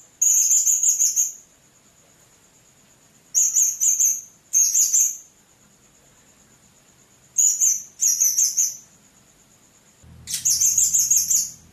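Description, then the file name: Blue-crowned hanging parrot with repeated shrill, very high chattering bursts in several bouts, the last accompanied by a brief low hum. "serindit"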